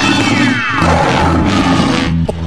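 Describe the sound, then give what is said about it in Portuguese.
A large crowd of Clube do Remo fans at a Sunday party in Belém do Pará shouts and roars loudly together, a dense, sustained wall of voices that barely lets up, with a brief dip just before it ends. “Se tiver aquele clube do Remo, dá-lhe um gritão, aê!”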